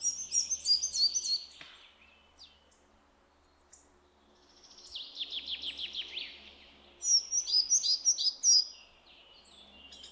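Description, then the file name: Semi-collared flycatcher song: high squeaky phrases near the start, a descending buzzy trill in the middle, then a bright repeated squeaky phrase, with quiet pauses between. "Balkanlugsnappare"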